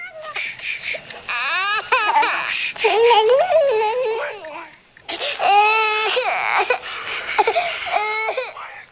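Several babies, five quintuplets in their second-floor room at 8:45 in the evening, fuss and cry in overlapping, high-pitched wails and whimpers, rising and falling in short bursts with a brief lull midway before the crying picks up again, loud and continuous.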